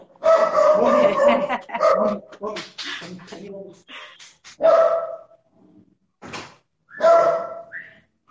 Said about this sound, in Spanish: es muy interesante la que ladra, un segundo, ladra mi perrita.